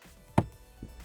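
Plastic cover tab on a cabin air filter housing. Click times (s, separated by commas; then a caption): 0.4 s. The plastic tab of a cabin air filter housing cover on a Mercedes ML320 is pushed back into place under the dashboard, finishing the air filter change. A sharp click snaps at 0.4 s and the cover seats. A softer knock follows at about 0.8 s.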